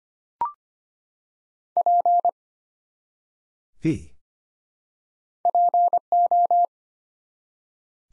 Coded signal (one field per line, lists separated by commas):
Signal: Morse code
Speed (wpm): 25 wpm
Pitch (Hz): 700 Hz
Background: none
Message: P PO